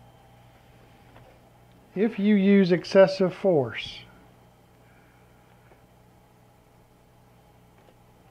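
Someone talks briefly over a low, steady hum while the replacement screen assembly of an HP Envy x360 convertible laptop is handled, about to be pressed together by hand so its plastic retaining clips snap into the display housing. No clips have snapped or seated yet.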